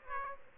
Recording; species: mosquito wingbeat signal from an infrared sensor; Aedes aegypti